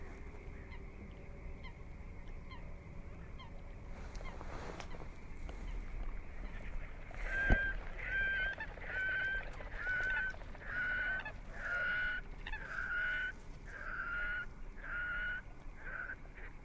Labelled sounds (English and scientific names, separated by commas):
Red-necked Grebe (Podiceps grisegena) call